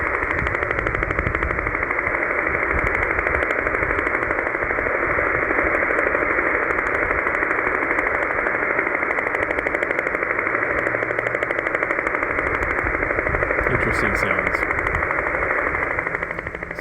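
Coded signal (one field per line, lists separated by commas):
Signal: radar signal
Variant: over-the-horizon radar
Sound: harsh rapid rattling tapping buzz, like a machine gun or woodpecker, steady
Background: radio static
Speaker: for those of you that may have heard that back in the day interesting sounds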